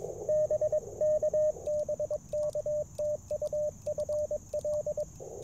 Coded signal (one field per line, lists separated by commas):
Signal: Morse code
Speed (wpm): 21 wpm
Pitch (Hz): 590 Hz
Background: radio noise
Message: BK BK TU FL